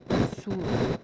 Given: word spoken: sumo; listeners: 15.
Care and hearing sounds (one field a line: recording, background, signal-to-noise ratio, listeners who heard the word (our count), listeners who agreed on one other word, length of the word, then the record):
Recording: one Spanish word in noise, from a listening test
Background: noise modulated by one talker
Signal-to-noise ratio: -7.9 dB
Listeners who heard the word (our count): 0 of 15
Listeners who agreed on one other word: 7 of 15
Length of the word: 0.64 s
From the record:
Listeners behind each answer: 7, 2, 1, 1, 1, 1, 1, 1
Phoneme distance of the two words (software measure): 17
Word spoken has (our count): 2 syllables, 4 phonemes, stress on syllable 1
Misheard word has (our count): 1 syllable, 3 phonemes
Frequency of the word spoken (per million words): 12.95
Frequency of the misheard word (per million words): 133.28